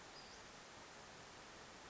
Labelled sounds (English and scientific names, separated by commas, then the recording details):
Western Flycatcher (Empidonax difficilis)
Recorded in Sonoma County, California